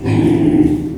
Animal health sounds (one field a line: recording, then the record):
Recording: squeal of a Yucatan mini pig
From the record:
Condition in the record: before surgery on the right vocal fold (resection and tissue-engineered implant)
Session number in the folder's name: 2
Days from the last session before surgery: -15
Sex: female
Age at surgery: 19 weeks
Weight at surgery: 25 kg